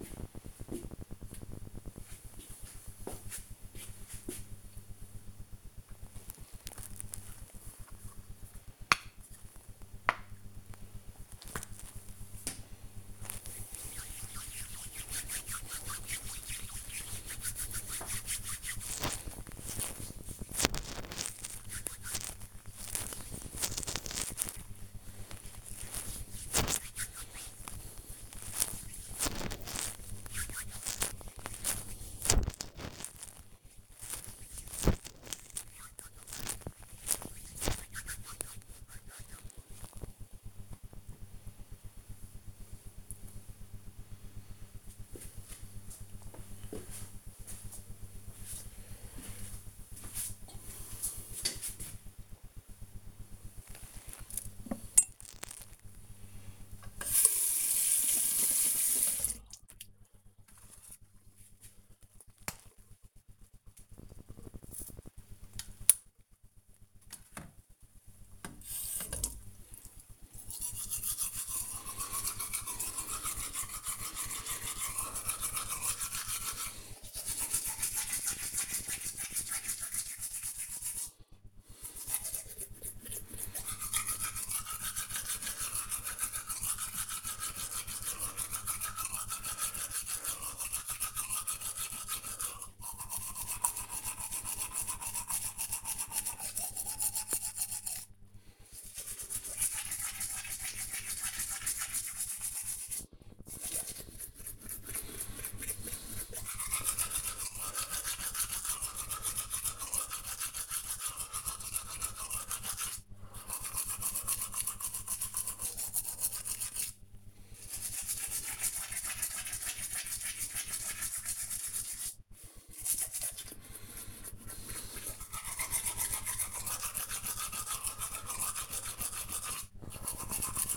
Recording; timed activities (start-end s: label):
household activities, microphone on the right wrist
5.93-40.18 s: cream hands
53.27-130.77 s: brushing teeth